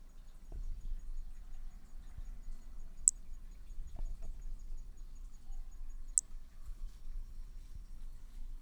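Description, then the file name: Hermogenes' flea-toad uttering isolated, very high, sharp chirps spaced about three seconds apart, with a few soft low knocks and a steady faint hum. Recorded at Picinguaba on 13 December 2017; individual 2. "MHNCI B hermogenesi Picinguaba ind 2 ex 2 tudo 05 cm 13 dez 2017 MRB"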